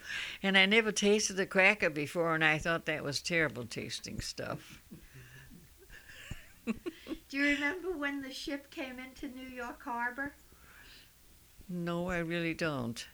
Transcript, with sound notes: And I never tasted a cracker before, and I thought that was terrible tasting stuff. [Laughs]
Do you remember when the ship came into New York Harbor?
No, I really don't.